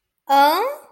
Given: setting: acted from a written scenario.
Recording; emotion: vocal sound without words; confusion